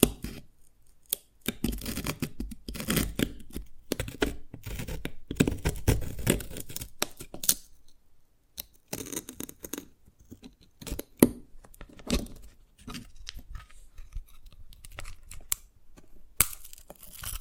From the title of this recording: Dalgona Candy Challenge Tapping, Cracking Triggers